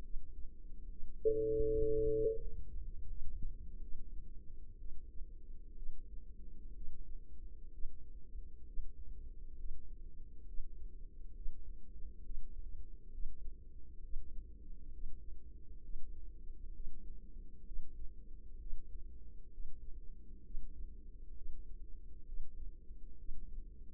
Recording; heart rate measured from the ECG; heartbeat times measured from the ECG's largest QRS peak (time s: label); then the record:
heart sounds by microphone in the left ear; 67 bpm
0.01 s: heartbeat
0.87 s: heartbeat
1.64 s: heartbeat
2.38 s: heartbeat
3.06 s: heartbeat
3.80 s: heartbeat
4.78 s: heartbeat
5.75 s: heartbeat
6.73 s: heartbeat
7.70 s: heartbeat
8.64 s: heartbeat
9.55 s: heartbeat
10.44 s: heartbeat
11.33 s: heartbeat
12.21 s: heartbeat
13.10 s: heartbeat
14.00 s: heartbeat
14.90 s: heartbeat
15.81 s: heartbeat
16.72 s: heartbeat
17.64 s: heartbeat
18.57 s: heartbeat
19.50 s: heartbeat
20.42 s: heartbeat
21.33 s: heartbeat
22.24 s: heartbeat
23.16 s: heartbeat
From the record:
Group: healthy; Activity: rest 0-3 s, breath hold 3-24 s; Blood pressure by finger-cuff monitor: 118/79 mmHg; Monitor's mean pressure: 93 mmHg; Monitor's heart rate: 66 bpm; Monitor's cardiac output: 5.2 L/min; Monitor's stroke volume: 79 mL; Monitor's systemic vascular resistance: 1280 dyn s/cm5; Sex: female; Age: 24 years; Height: 163 cm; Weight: 55.7 kg